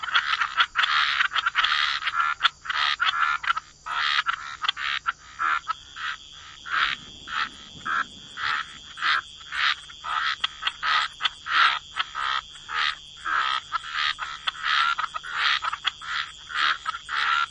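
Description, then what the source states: Frogs croak thickly at first, then settle into distinct rhythmic raspy bursts under a high constant whine. Frog chorus.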